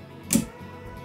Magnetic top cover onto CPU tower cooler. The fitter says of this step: a entendu le clipse et je passe au ventilateur